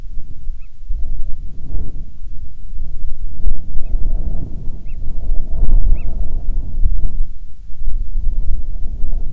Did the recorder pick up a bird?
yes